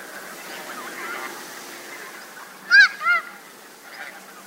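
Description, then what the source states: Snow goose gives two loud nasal honks in quick succession. Tokachi Plain, Hokkaido, Japan.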